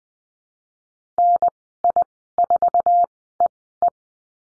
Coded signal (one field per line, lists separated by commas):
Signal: Morse code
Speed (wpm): 20 wpm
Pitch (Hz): 700 Hz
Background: none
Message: NI4EE